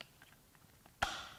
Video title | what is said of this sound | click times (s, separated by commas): EZ Wheel Changes - Makita XAG26 X Lock Grinder Review [BRUSHLESS] | pull it in and it locks into place so as simple as that to release it | 1.0 s